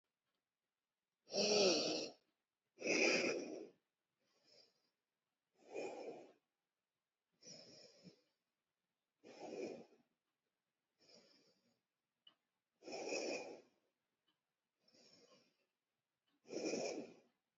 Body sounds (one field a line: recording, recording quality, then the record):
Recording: deep breathing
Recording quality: excellent, no background noise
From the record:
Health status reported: healthy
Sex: female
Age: 42 years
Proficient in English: no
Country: India